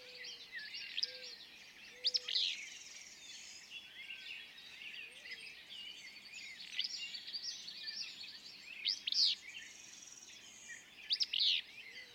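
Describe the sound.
Willow flycatcher singing brief buzzy, sneezy phrases a few times within a loud mixed chorus of other songbirds and soft low whistled notes.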